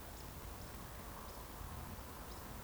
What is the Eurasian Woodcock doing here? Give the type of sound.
whistle, chase call